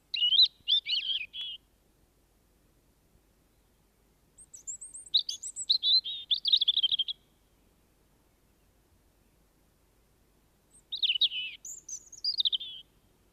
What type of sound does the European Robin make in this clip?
song